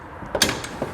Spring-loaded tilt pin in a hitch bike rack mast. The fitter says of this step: pull that pin up until it locks into place